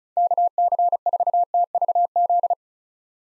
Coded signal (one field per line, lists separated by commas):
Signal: Morse code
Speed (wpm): 36 wpm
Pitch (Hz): 700 Hz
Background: none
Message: KC4TVZ